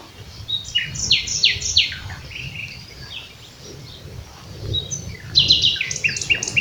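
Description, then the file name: Common nightingale: a string of loud, repeated downslurred whistles, a quieter pause, then a rapid burst of chattering notes. "Luscinia megarhynchos"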